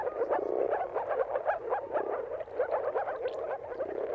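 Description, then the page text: Moor frogs in a dense mating chorus, soft bubbling low notes overlapping continuously. Dawn chorus of moor frogs giving mating calls at sunrise, turn of March and April, timing depending on weather. "earth-fm Jakub-Orzecki moor frogs. Dawn’s Chorus: Mating Calls of Marsh Frogs at Sunrise. Depending on the weather at the turn of March and April, you can witness an amazing spectacle of moor frogs"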